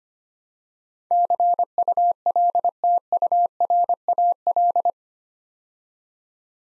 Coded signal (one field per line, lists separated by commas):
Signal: Morse code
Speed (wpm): 25 wpm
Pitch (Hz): 700 Hz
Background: none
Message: CULTURAL